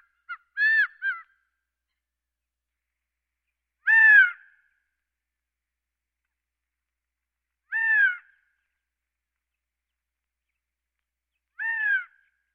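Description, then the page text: Gambel's quail calling: loud, nasal, slurred notes with rich overtones, a short cluster first, then single calls repeated roughly every four seconds in otherwise silent surroundings. "Gambels Quail. Quick Sounds"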